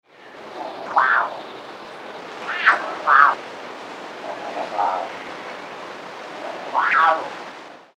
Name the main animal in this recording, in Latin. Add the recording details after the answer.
Felis chaus. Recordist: Tembrock, Günter. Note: Kater: Maunzen